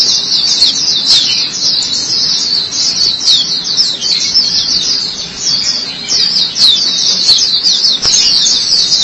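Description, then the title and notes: White-eye song with fast, high, tinkling twitters that flow together into one long continuous chatter. White-eye chirping song. "Kicauan Burung Pleci Durasi Panjang. Suara kicauan burung pleci"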